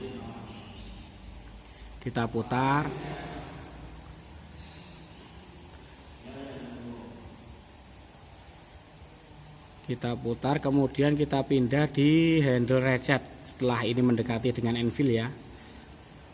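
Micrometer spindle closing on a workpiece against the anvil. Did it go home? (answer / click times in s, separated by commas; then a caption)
no / none. A micrometer thimble is turned to bring the steel spindle up to a workpiece against the anvil, before switching to the ratchet stop. Someone talks in short bursts around 2–3 s and from about 10 s to 15 s, with quiet handling sounds in between. No click has occurred yet.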